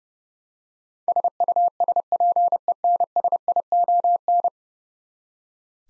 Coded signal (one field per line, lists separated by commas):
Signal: Morse code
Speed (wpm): 32 wpm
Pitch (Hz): 700 Hz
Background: none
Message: SUSPENSION